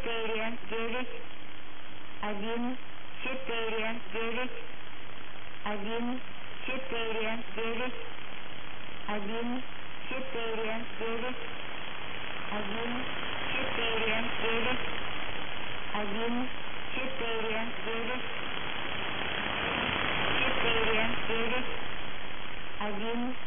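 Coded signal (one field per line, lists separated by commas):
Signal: numbers station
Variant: S06s Russian female voice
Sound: synthesized female voice reading short Russian words at a steady rhythm over radio hiss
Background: radio static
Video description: Preamble begins at 0:20 and is repeated until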